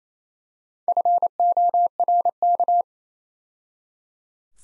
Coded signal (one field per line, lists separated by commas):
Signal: Morse code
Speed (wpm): 34 wpm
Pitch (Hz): 700 Hz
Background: none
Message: FORK